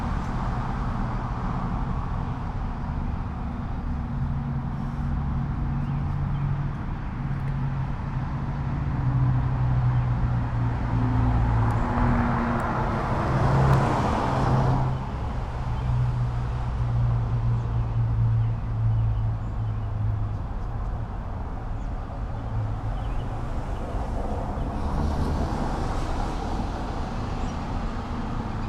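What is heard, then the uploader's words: Traffic at the intersection of N Davis Ave and Monument Avenue, a steady low engine rumble with idling hum throughout. A louder vehicle swells past around twelve to fifteen seconds, and another lighter pass rises near twenty-five seconds. Intersection of N Davis Ave and Monument Avenue. In this recording, we hear cars passing on either side of the Monument.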